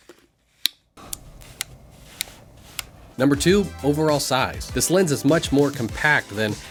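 Someone works the metal shift/rotation lock mechanism on the mostly metallic body of a Laowa 15mm f4.5 wide-angle shift lens, producing a series of crisp metallic clicks, the loudest at 0.7 s, followed by softer ones at 1.1, 1.6, 2.2 and 2.8 s. The mechanism clicks and locks into place and feels solid, and from about 3.2 s someone talks.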